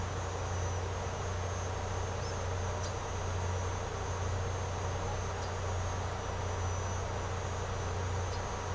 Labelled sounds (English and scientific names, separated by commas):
none